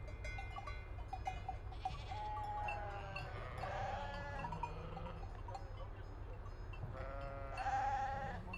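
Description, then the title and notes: Sheep bleats, several drawn-out wavering calls rising out of a busy flock, over a continuous deep rumble. Large flock with lambs, prepared at Vilminore, Valle di Scalve, for transhumance to the Mantua plain; moved between pens and loaded onto trucks; 5 September 2009. "Transumanza a Vilminore. Transumanza, Vilminore 5 settembre 2009 Un grosso gregge viene preparato per essere trasferito dalla Valle di Scalve alla pianura Mantovana"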